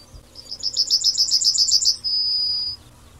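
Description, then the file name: Yellowhammer song: a rapid series of high repeated chipping notes ending in a long, drawn-out thin whistle. "Ecitrinella"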